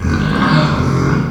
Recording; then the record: squeal of a Yucatan mini pig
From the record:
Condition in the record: after surgery on the right vocal fold (resection and tissue-engineered implant); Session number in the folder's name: 16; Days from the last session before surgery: 183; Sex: female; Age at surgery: 19 weeks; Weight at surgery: 25 kg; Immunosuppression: prednisolone